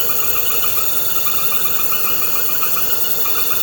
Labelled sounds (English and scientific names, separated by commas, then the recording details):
none
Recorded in pastures near Puerto Asís, Putumayo, Colombia, on 4 March 2025 at 22:00
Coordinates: 0.466, -76.322
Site CSA-02